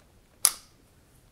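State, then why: Seated. An iPhone is set into and pushed into the spring-loaded clamp of an Accsoon SeeMo video adapter. The clamp brings itself down and locks with one loud, sharp snap at 0.5 s, in an otherwise quiet clip. The phone is seated and held securely.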